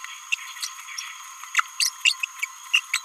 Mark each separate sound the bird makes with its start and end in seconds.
0.32-0.35, 0.63-0.67, 1.55-1.61, 1.80-1.91, 2.05-2.16, 2.43-2.45, 2.73-2.80, 2.94-3.03